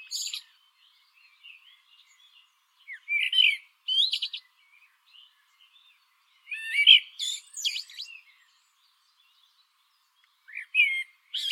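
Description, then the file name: Common blackbird song in separate phrases, each a low fluty warble with high scratchy twittering, spaced by pauses of a few seconds. "Turdus merula"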